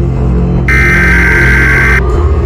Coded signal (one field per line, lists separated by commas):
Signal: Emergency Alert System (SAME) tones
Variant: header bursts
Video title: EAS Scenario: The Shadow Plague